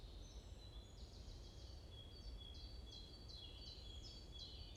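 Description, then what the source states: Bird chirps in a run of sharp high descending notes repeated steadily, over low rumble. Morning birds chirping around a forest in Bosvoorde, Watermaal-Bosvoorde, Brussels, Belgium; described as peaceful ('rust'); recorded with an AMBE VR microphone.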